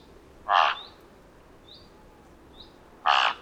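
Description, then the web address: Thick-billed raven giving two grating caws about two and a half seconds apart, with faint high upslurred chirps from a small bird between them. "Thick billed raven. دانلود-صدای-پرنده-غراب-نوک-کلفت"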